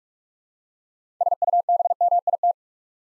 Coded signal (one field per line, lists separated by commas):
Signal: Morse code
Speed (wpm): 44 wpm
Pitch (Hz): 700 Hz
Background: none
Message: SUBMIT